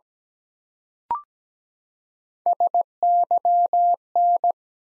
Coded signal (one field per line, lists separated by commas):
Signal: Morse code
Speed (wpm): 17 wpm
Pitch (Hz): 700 Hz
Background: none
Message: SYN